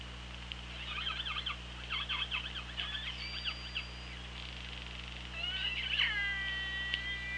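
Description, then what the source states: Orca pulsed calls: a series of buzzy harmonic bursts, then a tonal call with stacked harmonics, over a steady low hum. Recorded on an OrcaLab hydrophone, 24 August 2017, 17:33.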